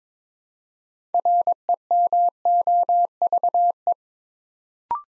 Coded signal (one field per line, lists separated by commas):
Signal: Morse code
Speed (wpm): 23 wpm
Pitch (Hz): 700 Hz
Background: none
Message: REMOVE